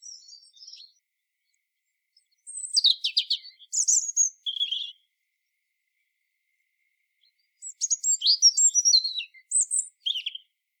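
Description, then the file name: European robin song: three bursts of thin, high, varied warbling notes and quick trills, separated by silent pauses. "Erithacus rubecula"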